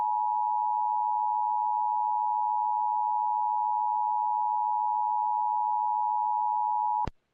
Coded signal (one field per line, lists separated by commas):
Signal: Emergency Alert System (SAME) tones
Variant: 853 and 960 Hz attention tone